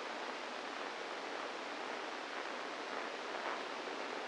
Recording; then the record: brain microelectrode recording played as sound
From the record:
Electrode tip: inside the subthalamic nucleus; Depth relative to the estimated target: 0 mm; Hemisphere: right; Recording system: NeuroSet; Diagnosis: Parkinson's disease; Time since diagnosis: 10 years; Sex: female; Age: 45 years